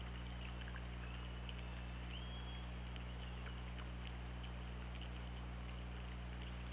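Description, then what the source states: Orca whistle under water: one short upsweep that levels off into a held tone, with scattered clicks and crackle over a constant low hum. Orca recorded on an OrcaLab underwater hydrophone, 24 August 2017, around 20:54.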